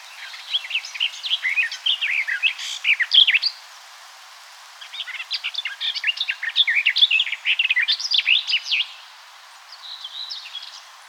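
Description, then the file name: Eurasian blackcap warbling song: two long bursts of fast, scratchy, varied notes, then a short, softer phrase near the end. "Sylvia atricapilla"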